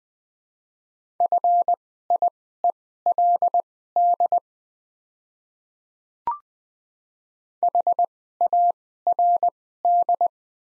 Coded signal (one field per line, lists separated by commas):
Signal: Morse code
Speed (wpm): 21 wpm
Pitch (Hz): 700 Hz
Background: none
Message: FIELD HARD